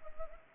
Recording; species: mosquito wingbeat signal from an infrared sensor; Anopheles arabiensis